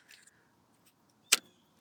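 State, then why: Seated. An engine control module on a Harley Touring motorcycle, removed during a battery replacement, is pushed back into its plastic mount under the seat. A few faint plastic scrapes and taps come first, then one sharp, loud click at 1.3 s as its two retaining clips snap into place. The module is seated.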